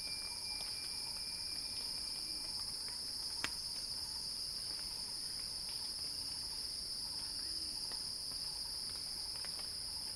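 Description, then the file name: Cicada song as a constant piercing buzz, with a brief thin whistle and a sharp click early on. Cicada song building in a crescendo. "Axel-Drioli Cicada-Crescendo-Sounding-Wild"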